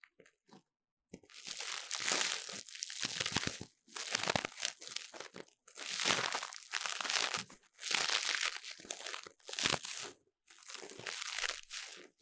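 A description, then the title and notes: Ear cleaning sounds: bursts of crinkly, crunchy scratching and rubbing, bright and dense, each lasting one to two seconds. About six strokes come in a loose rhythm, separated by brief silences. Each burst swells and fades unevenly, with small crackles throughout. ASMR 3Dio 耳掃除 귀 청소 | Ear Cleaning | No Talking.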